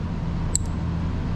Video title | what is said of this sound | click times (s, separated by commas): 2022 Aprilia Tuareg Exhaust Install | good you wanna hear that clicking sound too by the way | 0.5 s